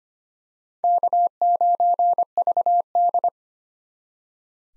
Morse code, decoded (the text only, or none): K9VD